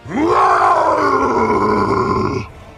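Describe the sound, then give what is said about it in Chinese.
A single long, loud roaring howl from the deep, gravelly voice of Grommash, an orc, who raises his head to howl. It rises quickly, then holds steady for over two seconds before cutting off abruptly. No one speaks. “格罗玛什扬起头，再次发出长啸，他的吼声比杜隆坦以往听到的更加响亮，仿佛是一把声音组成的利刃，穿透人们的身体，把他们切碎，令他们血流不止。”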